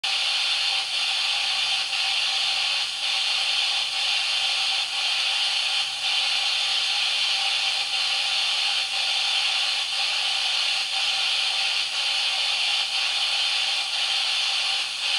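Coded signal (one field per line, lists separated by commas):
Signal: radio time signal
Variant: DCF77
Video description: Im Hintergrund ist das Signal des Zeitzeichensenders DCF77 zu hören, welches diese Uhren synchronisiert.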